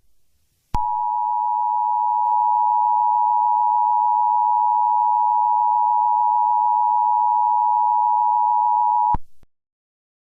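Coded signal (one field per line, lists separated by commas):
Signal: Emergency Alert System (SAME) tones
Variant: 853 and 960 Hz attention tone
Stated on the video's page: Fictional EAS scenario about a toxic spill in Los Angeles creating zombies; a simulated alert, not real.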